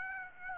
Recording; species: mosquito wingbeat signal from an infrared sensor; Aedes aegypti